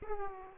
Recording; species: mosquito wingbeat signal from an infrared sensor; Aedes aegypti